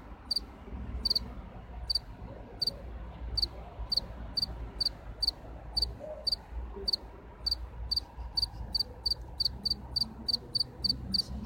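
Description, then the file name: House cricket chirping, short high clicks repeated steadily, speeding up later, over a low rumbling background hum. "Acheta domesticus Radzikowski Pawel"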